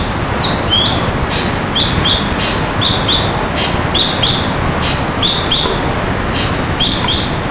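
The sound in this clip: Drongo calling, short high downward-slurred notes often in quick pairs, repeated about every half second to second, over a steady background hiss.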